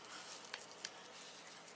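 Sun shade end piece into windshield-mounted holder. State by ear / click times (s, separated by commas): not seated / none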